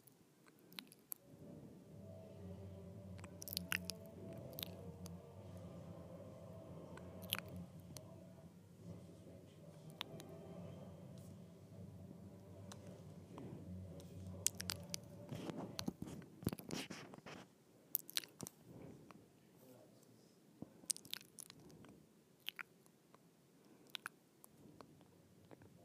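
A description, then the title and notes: A mouth opens and closes, making wet smacks and sharp clicks. For the first fifteen seconds a low, steady hum sits underneath; after it stops, the clicks come thicker and more irregular. ASMR Opening and Closing my Mouth.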